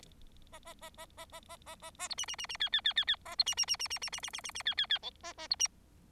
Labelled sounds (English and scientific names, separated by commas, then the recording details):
Bengalese Finch (Lonchura striata domestica) song
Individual Bird4